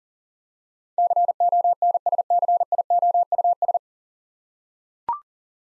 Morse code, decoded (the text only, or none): CONSCIOUS